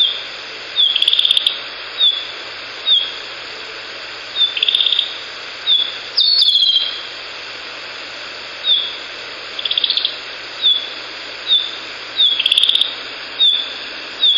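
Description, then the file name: Narcissus flycatcher calling: short, high, downslurred notes repeated roughly every second, several followed by a dry buzzy rattle. Call notes (ground calls), 2 May 2014. "キビタキ地鳴 140502 遠藤"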